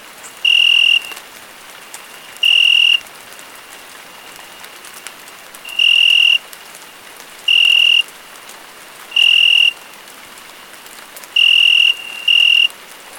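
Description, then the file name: Cricket chirping in steady, pure-toned bursts about half a second long, repeated at irregular intervals, over a continuous hiss of falling rain. Crickets recorded with rain falling. "Grilos e Chuva"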